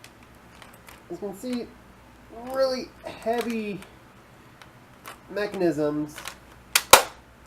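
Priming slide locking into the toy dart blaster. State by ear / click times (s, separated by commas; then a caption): seated / 6.8 s, 6.9 s. Someone talks while the heavy priming slide of a plastic Boom Co. Halo Needler toy dart blaster is pulled back with effort until it locks. Two sharp, loud clicks at 6.8 s and 6.9 s mark the priming mechanism seating into place.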